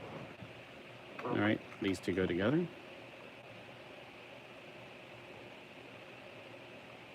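A plastic model kit part is handled and lined up with its mating part before the two are pressed together. Someone talks briefly from about 1.2 to 2.7 seconds over a steady low background hiss. Nothing has seated or clicked yet.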